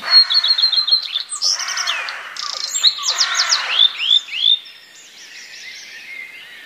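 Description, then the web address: Common redstart song: a sharp opening note, a rapid run of repeated high notes, then a varied jumble of chirps, slurred whistles and buzzy fragments that fade out. Common redstart song containing mimicked phrases borrowed from other passerine songbirds. "wroblowe zapozyczenia pleszka"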